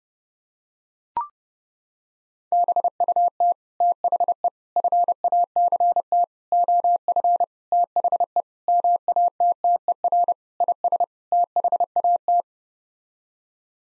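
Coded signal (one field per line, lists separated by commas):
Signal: Morse code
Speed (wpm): 30 wpm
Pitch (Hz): 700 Hz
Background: none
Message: BUT THE FACT OF THE MATTER IS THAT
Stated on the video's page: Head-copy drill of eight-word sets sent in Morse at 30 wpm, each set sent twice.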